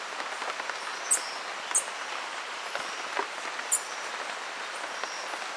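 Green honeycreeper calling with three brief, high-pitched chips spread over under three seconds, faint thin tones in between, over constant hissing background noise.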